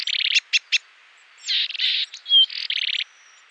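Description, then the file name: Willow tit giving harsh, buzzy nasal calls in rapid strings, with a few short sharp notes and a thin high whistle between buzzes. "CZARNOGLOWKA"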